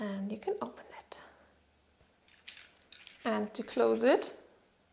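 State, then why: Not seated. The metal lock plate of a magnetic-locking wrist cuff is handled as the cuff is opened and then readied to be closed. Someone talks at the start and end, with a few faint knocks and one brief sharp tap around 2.5 s in between. The plate has not yet been pushed up into its locked position, so nothing has seated or clicked yet.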